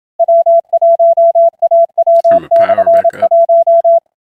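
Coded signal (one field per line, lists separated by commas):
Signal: Morse code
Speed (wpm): 27 wpm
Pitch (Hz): 670 Hz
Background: none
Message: W1AW/1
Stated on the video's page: POTA activation looking for contacts with FDX10, Palomar Bullet 9:1 unun and 29.5 ft end-fed wire, MFJ manual tuner.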